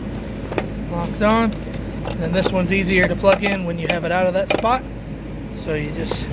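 On a Chevy Impala engine harness, the plastic locking tab of a second, black color-coded wiring harness connector is pulled over and clicks closed with a sharp snap at 0.6 s, locking the plug in place. Someone talks throughout.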